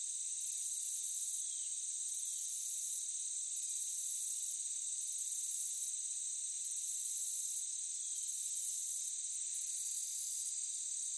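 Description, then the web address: Crickets give a high, even trilling drone with repeated louder pulsed bursts throughout. Meadow ambience with crickets. "Blastwave AMBIENCE Meadow Crickets"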